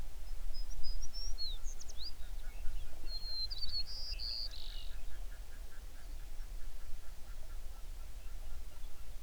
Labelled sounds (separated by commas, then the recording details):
songbird, waterfowl
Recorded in the Prudhoe Bay oil fields, Alaska, on 11 June 2019 at 05:13
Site 21